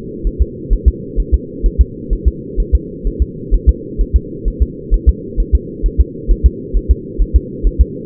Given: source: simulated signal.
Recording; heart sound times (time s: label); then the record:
fetal heart sounds
0.27 s: S1
0.42 s: S2
0.73 s: S1
0.88 s: S2
1.20 s: S1
1.34 s: S2
1.66 s: S1
1.81 s: S2
2.13 s: S1
2.28 s: S2
2.60 s: S1
2.75 s: S2
3.07 s: S1
3.22 s: S2
3.54 s: S1
3.69 s: S2
4.01 s: S1
4.16 s: S2
4.48 s: S1
4.62 s: S2
4.94 s: S1
5.09 s: S2
5.40 s: S1
5.55 s: S2
5.86 s: S1
6.01 s: S2
6.31 s: S1
6.46 s: S2
6.77 s: S1
6.91 s: S2
7.22 s: S1
7.36 s: S2
7.67 s: S1
7.81 s: S2
From the record:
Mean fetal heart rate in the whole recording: 130 bpm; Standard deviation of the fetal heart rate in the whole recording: 2 bpm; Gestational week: 36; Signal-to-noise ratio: -4.1 dB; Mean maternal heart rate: no maternal heart sound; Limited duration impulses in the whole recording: absent